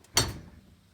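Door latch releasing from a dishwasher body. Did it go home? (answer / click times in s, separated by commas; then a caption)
released / 0.2 s. The door latch of a white Smeg DF612AEW dishwasher releases as the door is opened, giving a loud, chunky click at 0.2 s after a faint tick at the start. The click is a little quieter than when the door closes. The latch sounds undamaged, like a thick switch.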